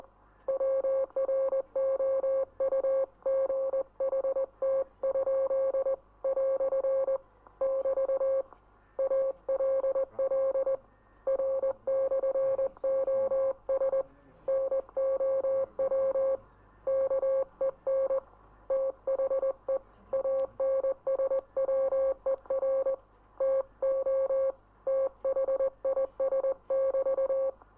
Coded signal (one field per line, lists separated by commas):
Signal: Morse code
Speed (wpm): 20 wpm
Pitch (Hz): 540 Hz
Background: none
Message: WROUGHT? " <BT> ALL R/OS NOW KEN THE ANSWER TO THIS<BT>